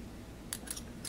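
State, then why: Seated. The top part of a back-loaded XRD sample holder is placed flat side down in the center of the preparation base while the release button is held. When the button is let go, it locks in place with a sharp click at 0.5 s, followed by softer ticks near 0.7 and 0.8 s and a faint one near 1.1 s. The part is seated.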